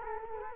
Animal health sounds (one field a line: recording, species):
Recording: mosquito wingbeat signal from an infrared sensor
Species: Culex quinquefasciatus